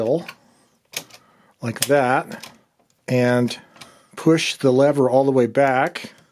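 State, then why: Not seated. Someone talks while handling the line spacing lever on a Hermes Rocket portable typewriter, preparing to push it all the way back so it locks the carriage at the end of its rail. Nothing has clicked or locked yet; the carriage is not yet locked in place when the clip ends.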